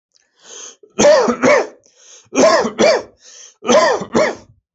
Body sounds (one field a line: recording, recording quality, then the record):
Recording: heavy voluntary cough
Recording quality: excellent, no background noise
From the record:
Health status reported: healthy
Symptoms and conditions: none ticked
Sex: male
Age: 25 years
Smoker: not ticked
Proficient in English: yes